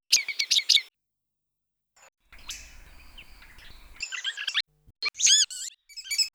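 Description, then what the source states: Bird song in broken bursts: clusters of sharp high chirps, a pause with low rumbling hum, then squeaky whistled notes and quick rising and falling chips. Segmented song unit.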